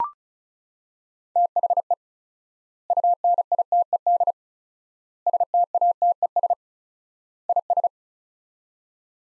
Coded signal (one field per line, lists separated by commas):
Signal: Morse code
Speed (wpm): 36 wpm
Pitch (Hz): 700 Hz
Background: none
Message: THE UNITED STATES IS